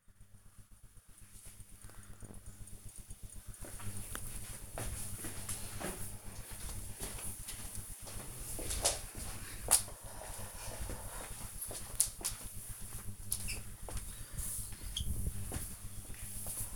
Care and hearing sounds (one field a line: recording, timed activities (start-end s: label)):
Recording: household activities, microphone on the right wrist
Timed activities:
13.67-16.76 s: window cleaning